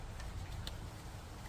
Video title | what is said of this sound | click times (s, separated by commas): Toyota Highlander V6 3.5L P0354 Ignition coil "D" Spark Plugs/Coils/Intake Manifold Gasket Change | just snaps right in | 0.7 s